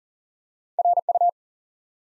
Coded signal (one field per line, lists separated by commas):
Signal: Morse code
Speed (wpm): 41 wpm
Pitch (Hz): 700 Hz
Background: none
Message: RU